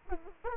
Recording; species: mosquito wingbeat signal from an infrared sensor; Aedes aegypti